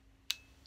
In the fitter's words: pop it in like so and turn it until it clicks that's